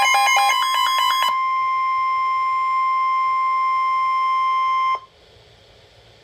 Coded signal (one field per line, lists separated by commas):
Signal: Emergency Alert System (SAME) tones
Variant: 1050 Hz attention tone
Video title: Severe Thunderstorm Warning - EAS #455